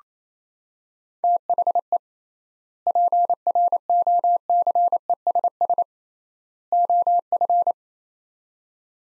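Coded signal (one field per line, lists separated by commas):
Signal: Morse code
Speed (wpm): 28 wpm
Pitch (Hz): 700 Hz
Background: none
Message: THE PROCESS OF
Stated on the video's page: Morse practice of three-word sets at 28 wpm with 3x word spacing, a Farnsworth-like method applied to words.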